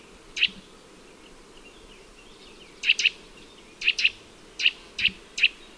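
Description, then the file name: Eurasian nuthatch giving short, sharp, high notes, single and in quick pairs, irregularly spaced over a soft hiss. "Sitta europaea"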